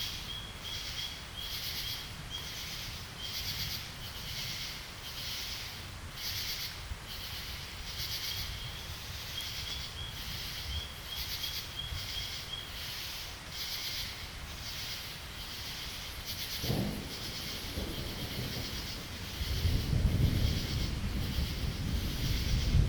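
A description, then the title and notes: Frogs and crickets keep up a steady night chorus, with bright pulsing trills repeating about once a second and a thin high whine running through. Low rumbling sits underneath, swelling after about sixteen seconds and growing louder near twenty, like thunder rolling in. This SoundCast was recorded in Brevard, NC, and includes a chorus of frogs, crickets and thunder.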